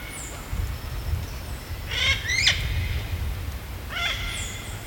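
Yellow-billed parrot giving harsh, grating squawks, two bursts about two seconds apart, with a thin high whistle at the start and end.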